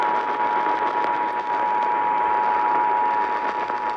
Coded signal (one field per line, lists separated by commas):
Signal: Emergency Alert System (SAME) tones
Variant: 853 and 960 Hz attention tone